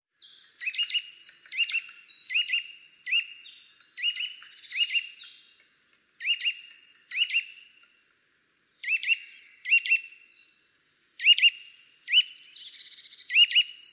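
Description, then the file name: Eurasian nuthatch calls, clipped notes in pairs and short bursts with overlapping high twittering chirps, a few brief pauses between groups. "Sitta europaea"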